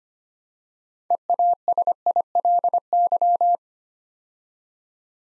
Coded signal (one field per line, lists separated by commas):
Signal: Morse code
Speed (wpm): 25 wpm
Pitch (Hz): 700 Hz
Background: none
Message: EASILY